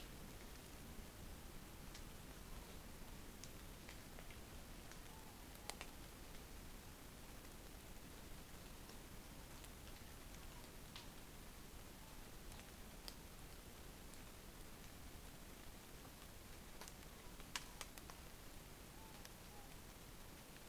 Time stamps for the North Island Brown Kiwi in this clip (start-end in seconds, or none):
none